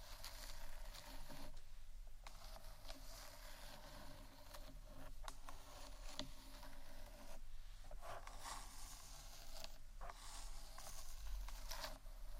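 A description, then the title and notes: Scratching and tapping on various items, a dense run of rough scrapes and brief knocks with a few short pauses, around 2 and 7.5 seconds. ASMR Scratchtap On Various Items （No Talking）.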